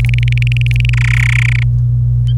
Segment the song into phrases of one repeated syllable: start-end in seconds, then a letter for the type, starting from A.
0.00-0.90 A, 0.93-1.63 B